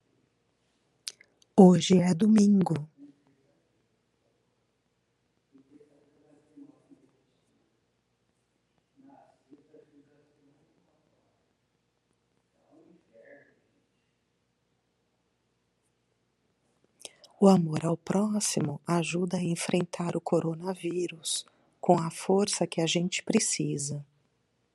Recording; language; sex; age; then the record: spoken sentence; Brazilian Portuguese; female; 40 to 49 years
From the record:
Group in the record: control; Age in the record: 47 years